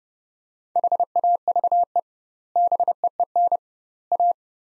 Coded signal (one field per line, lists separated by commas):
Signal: Morse code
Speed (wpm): 30 wpm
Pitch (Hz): 700 Hz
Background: none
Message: HAVE BEEN A